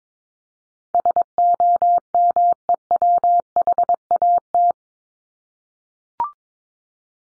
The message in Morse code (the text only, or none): SOMEWHAT